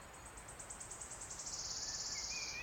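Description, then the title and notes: Wood warbler song, a run of high, even ticking notes accelerating into a shimmering trill, with a few faint whistles from another bird at the end. Male singing from oak canopy in an ancient oak wood on a steep-sided wooded valley in South Wales, May, after rain stopped, spring. "Sound Escape 16: listen to the cascade of wood warbler song in an ancient oak wood. a path rising up a steep-sided wooded valley in South Wales. The endless May rain has stopped and a male wood warbler is singing his extraordinary song from the emerald canopy of tangled oak trees"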